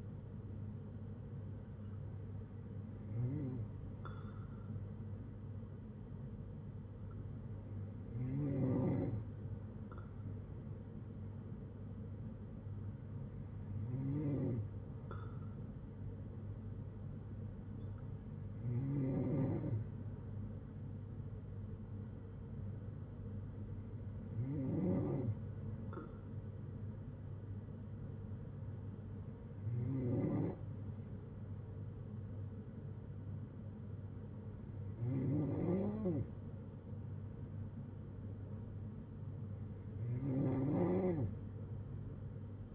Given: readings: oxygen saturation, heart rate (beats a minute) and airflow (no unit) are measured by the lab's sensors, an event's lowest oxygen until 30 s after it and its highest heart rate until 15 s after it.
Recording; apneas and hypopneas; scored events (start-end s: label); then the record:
breathing in sleep by a smartphone at the bedside; none
21.00-42.75 s: new sleep stage, N2 (light sleep)
From the record:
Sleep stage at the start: N3 (deep sleep); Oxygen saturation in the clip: 94 to 95%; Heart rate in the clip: 56 to 64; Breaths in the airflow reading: 8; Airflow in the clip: -6.3 to 4.9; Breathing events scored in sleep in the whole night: 182 in 7.4 hours asleep